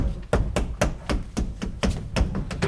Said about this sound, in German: Halt mal, klopfen Sie die Rückwand des Schrankes ab,